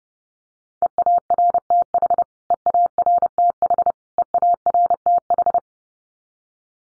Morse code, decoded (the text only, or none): EARTH EARTH EARTH